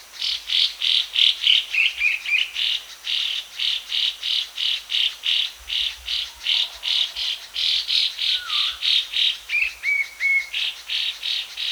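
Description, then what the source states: Ferruginous babbler harsh call series: rasping, buzzy bursts repeated roughly three per second, with brief whistled and slurred notes from another bird in the background. Recorded at Danum on 1 January 2008.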